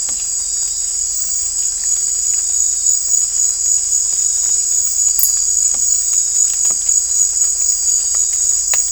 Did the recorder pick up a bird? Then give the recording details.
no. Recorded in dense forest near Puerto Asís, Putumayo, Colombia, on 22 December 2024 at 18:30. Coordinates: 0.500, -76.322. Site G053